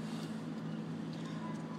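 The plastic back cover of a Holy Stone Predator quadcopter is picked up and positioned over the drone body, lined up just before being snapped on. A steady low hum with a broad background hiss runs throughout, with no sharp sounds. Nothing has seated or clicked yet.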